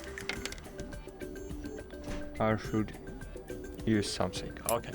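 A microSD card is handled at the spring-loaded card slot of a DJI Osmo Nano action camera while someone talks, with faint tapping and fumbling sounds over a steady background tone. Nothing has seated or clicked into the slot yet.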